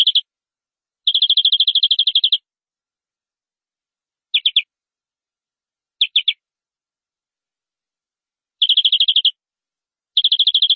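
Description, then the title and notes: Canary song in bursts: rapid trills and short clusters of three notes, separated by pauses, all high-pitched and clean. "BM Suara Kenari. BM Suara Burung Kenari"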